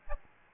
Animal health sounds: mosquito wingbeat signal from an infrared sensor; Aedes albopictus

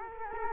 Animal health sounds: mosquito wingbeat signal from an infrared sensor; Culex quinquefasciatus

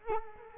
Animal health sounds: mosquito wingbeat signal from an infrared sensor; Culex quinquefasciatus

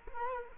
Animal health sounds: mosquito wingbeat signal from an infrared sensor; Culex quinquefasciatus

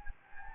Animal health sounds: mosquito wingbeat signal from an infrared sensor; Anopheles gambiae

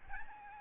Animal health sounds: mosquito wingbeat signal from an infrared sensor; Aedes albopictus

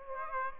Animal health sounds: mosquito wingbeat signal from an infrared sensor; Aedes aegypti

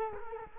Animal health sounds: mosquito wingbeat signal from an infrared sensor; Culex quinquefasciatus

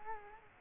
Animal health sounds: mosquito wingbeat signal from an infrared sensor; Culex quinquefasciatus

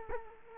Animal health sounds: mosquito wingbeat signal from an infrared sensor; Culex quinquefasciatus

